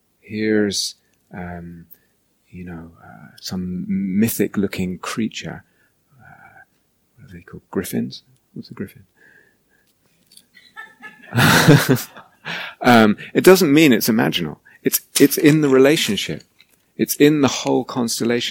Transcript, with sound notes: Here's some mythic-looking creature. What are they called? Griffins? What's a griffin? [laughter] It doesn't mean it's imaginal. It's in the relationship. It's in the whole constellation.